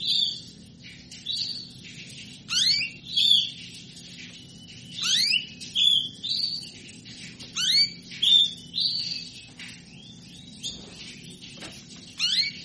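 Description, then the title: Canary song: loud sweeping upward chirps mixed with short whistled and buzzy notes, bursts coming in close pairs under a second apart in places, low hum beneath. Female canary calling to solicit mating; played to stimulate canaries into singing. "Canto Para Esquentar Canário Belga. Suara burung kenari betina minta kawin"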